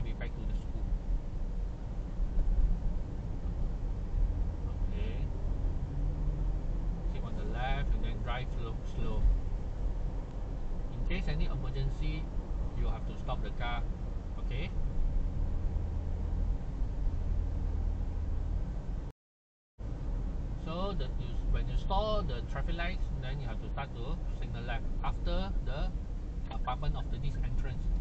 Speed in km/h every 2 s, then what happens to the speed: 42, 44, 46, 49, 48, 48, 45, 43, 42, 43, 42, 42, 37, 30.
0-6 speeds up to 49. 10-15 slows to 42. 15-22 steady at about 42. 22-28 slows to 30.